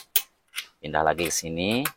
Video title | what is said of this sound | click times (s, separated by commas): cara menggunakan kunci torsi momen | ditandai dengan bunyi klik. Nah, kayak gini nih. | 0.2 s